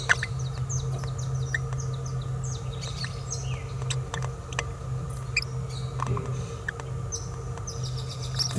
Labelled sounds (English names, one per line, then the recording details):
Green-rumped Parrotlet babbling
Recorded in a nest box in Venezuela
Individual 18B17A4